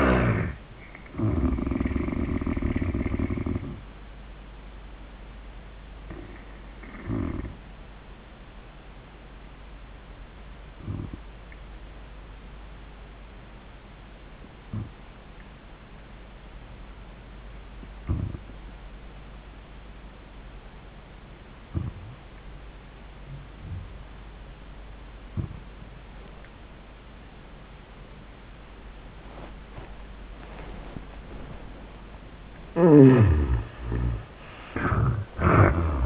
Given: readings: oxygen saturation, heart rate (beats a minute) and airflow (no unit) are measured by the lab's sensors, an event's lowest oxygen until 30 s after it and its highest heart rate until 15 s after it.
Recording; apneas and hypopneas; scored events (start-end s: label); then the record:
breathing in sleep by a voice recorder at the bedside; 1
4.00-31.90 s: hypopnea (N1, oxygen 96% highest, then 75% lowest, heart rate 89 at the start, 97 highest)
16.00-36.06 s: new sleep stage, N2 (light sleep)
From the record:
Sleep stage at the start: N1 (lightest sleep); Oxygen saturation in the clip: 77 to 96%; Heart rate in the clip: 76 to 94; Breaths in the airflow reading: 5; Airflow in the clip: -37.7 to 33.3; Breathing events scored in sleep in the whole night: 400 in 8.7 hours asleep